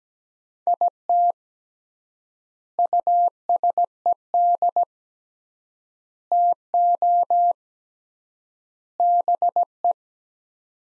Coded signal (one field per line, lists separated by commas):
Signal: Morse code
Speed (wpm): 17 wpm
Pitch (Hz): 700 Hz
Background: none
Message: IT USED TO BE